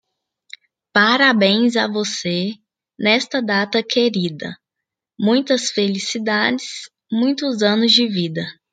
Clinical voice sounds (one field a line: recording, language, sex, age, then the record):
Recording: short text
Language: Brazilian Portuguese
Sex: female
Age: 20 to 29 years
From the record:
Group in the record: control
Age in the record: 25 years